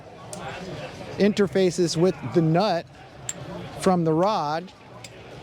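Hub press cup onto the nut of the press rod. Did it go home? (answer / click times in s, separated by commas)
no / none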